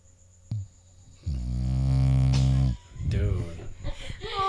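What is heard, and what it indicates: A bully-breed dog snores loudly, a long deep, bass-like rumble concentrated in the low frequencies, followed by voices.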